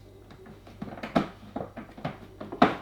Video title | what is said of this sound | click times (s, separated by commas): Siemens EQ300 Grinder Removal - Step-by-Step Coffee Machine Repair Guide | So if you go the wrong way, as if you're loosening it until it clicks. | 2.6 s